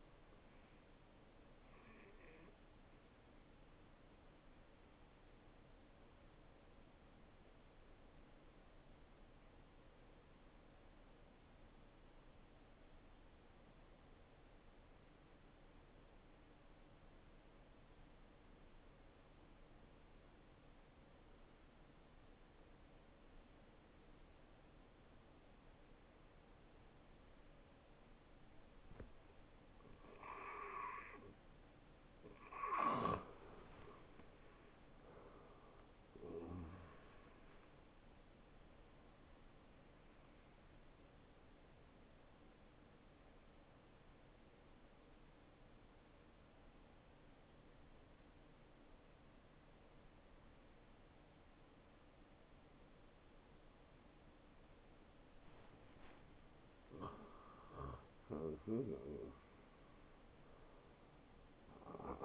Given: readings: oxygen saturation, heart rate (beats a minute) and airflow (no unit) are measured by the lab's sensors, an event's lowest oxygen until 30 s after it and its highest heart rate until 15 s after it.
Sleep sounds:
breathing in sleep by a voice recorder at the bedside; 2
4.00-31.40 s: hypopnea (N1, oxygen 93% highest, then 88% lowest, heart rate 74 at the start, 74 highest)
40.00-56.50 s: hypopnea (N1, oxygen 92% highest, then 92% lowest, heart rate 73 at the start, 77 highest)
From the record:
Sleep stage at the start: N1 (lightest sleep); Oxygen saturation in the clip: 83 to 94%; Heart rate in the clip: 57 to 76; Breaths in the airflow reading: 7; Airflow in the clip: -12.2 to 8.8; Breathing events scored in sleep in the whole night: 263 in 5.5 hours asleep

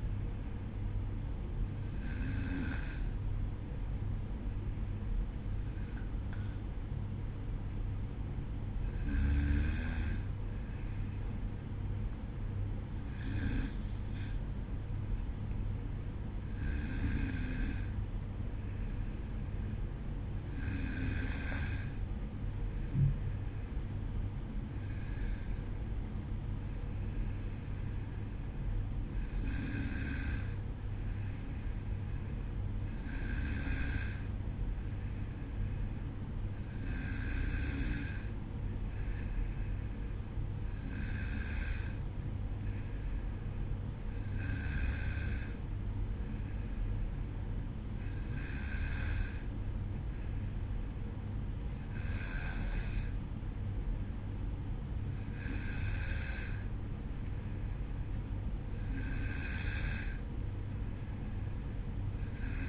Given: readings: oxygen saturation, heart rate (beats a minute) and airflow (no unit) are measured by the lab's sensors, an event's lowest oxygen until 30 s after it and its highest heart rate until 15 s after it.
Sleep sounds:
breathing in sleep by a smartphone at the bedside; none
none scored
From the record:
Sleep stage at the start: N1 (lightest sleep); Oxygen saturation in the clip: 93 to 94%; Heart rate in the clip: 53 to 56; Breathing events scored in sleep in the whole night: 305 in 9.6 hours asleep

